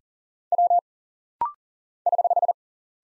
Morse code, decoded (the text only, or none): W <HH>